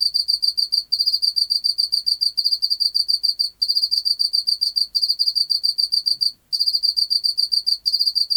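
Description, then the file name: Pacific field cricket singing a fast, pulsing trill of high chirps, grouped in bursts separated by short gaps, with a faint click partway through. "Teleogryllus oceanicus"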